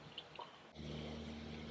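A cable connector is pushed into the fuel pump socket of a Webasto 2000 STC heater and clicks into place at 0.2 s, with a softer tick following at 0.4 s. After about 0.7 s a steady low hum sets in, and the connector is seated.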